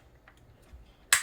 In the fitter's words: okay clicked back in